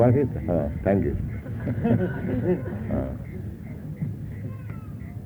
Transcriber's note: laughter